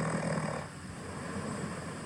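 A low, rough, rattling rumble, louder for the first half-second and then softer and steady, as in part of a snore breath. It fits ordinary adult snoring during sleep, recorded at night.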